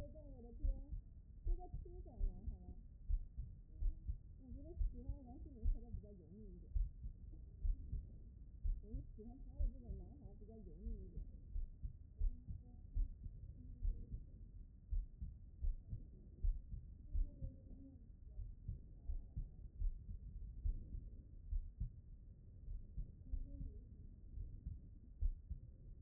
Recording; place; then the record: heart sounds by stethoscope; pulmonary valve (PV)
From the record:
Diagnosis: non-HFrEF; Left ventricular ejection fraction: 58%